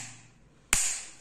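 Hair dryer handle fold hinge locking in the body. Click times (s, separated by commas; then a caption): 0.7 s. The plastic fold hinge of a Nova 8100/05 1200-watt foldable hair dryer is worked, and the handle locks into position in the body. A single sharp click comes at 0.7 s after a quiet stretch, and a bright high-frequency tail fades out afterward. The hinge seats in place.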